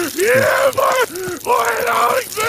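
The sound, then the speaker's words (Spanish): A creature's horrible scream voiced by a dubbing actor: loud, harsh, wavering shrieks in several bursts, with pitch bending up and down and a groaning edge, heard alone without any talking. “Esto, horrible, es el grito del bicho.”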